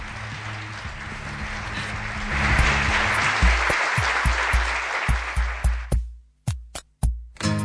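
A burst of crowd applause with dense clapping and a low rumble, then thinning into a few scattered, sharp claps that die out into silence near the end.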